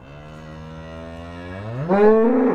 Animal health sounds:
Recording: contact call of a hoofed animal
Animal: cattle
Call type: low-frequency (closed-mouth) or high-frequency (open-mouth) call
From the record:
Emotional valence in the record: negative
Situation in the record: full separation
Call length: 2.6 s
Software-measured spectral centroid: 910 Hz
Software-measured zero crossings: 1140 a second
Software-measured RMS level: -20 dBFS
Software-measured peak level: -2 dBFS

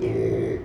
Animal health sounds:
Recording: contact call of a hoofed animal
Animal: pig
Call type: closed-mouth grunt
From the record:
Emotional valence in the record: negative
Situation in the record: short social isolation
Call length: 0.66 s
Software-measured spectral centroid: 1080 Hz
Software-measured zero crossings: 760 a second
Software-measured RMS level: -24 dBFS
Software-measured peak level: -13 dBFS

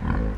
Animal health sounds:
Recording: contact call of a hoofed animal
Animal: wild boar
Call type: grunt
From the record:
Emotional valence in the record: negative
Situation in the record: naturally occurring agonistic interactions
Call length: 0.38 s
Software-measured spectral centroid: 880 Hz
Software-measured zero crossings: 470 a second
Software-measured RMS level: -24 dBFS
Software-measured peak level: -11 dBFS

